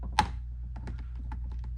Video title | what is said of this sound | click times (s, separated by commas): 2015+ Honda Fit / Jazz - GK5 - Upper B-Pillar & Seat Belt Assembly Removal & Installation #Honda | two tabs on the top and one on each side push it until it clicks | 0.2 s